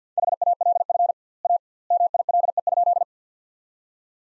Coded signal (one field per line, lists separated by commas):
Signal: Morse code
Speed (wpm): 50 wpm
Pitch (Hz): 700 Hz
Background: none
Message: HALF A MILE?